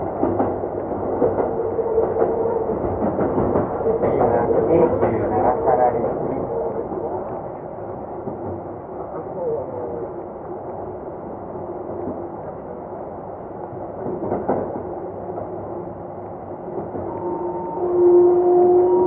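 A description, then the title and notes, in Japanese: A Keikyu 2100 series train rumbles along with a steady, low, dense roar that stays fairly even throughout. A voice is heard in the first few seconds, and near the end a clear rising tone sounds over the running noise as it grows louder. 京急2100形 横浜〜三崎口。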